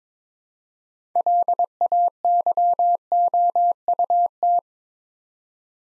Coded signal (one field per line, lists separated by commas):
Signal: Morse code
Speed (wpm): 22 wpm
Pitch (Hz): 700 Hz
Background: none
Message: LAYOUT